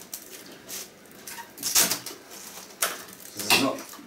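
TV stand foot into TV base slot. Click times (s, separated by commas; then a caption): 3.5 s. The second stand foot of a Grundig 55 VLX 8582 BP/SP/WP TV, plastic or metal, is pushed into its slot on the bottom of the TV, with scraping and knocking sounds along the way. It snaps into place with a sharp click at 3.5 s and is firmly latched so it cannot come out.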